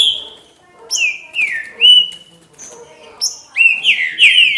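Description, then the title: Green-winged saltator giving long slurred whistles that fall then level off, followed by a quicker burst of rich, descending notes near the end. "Trinca Ferro"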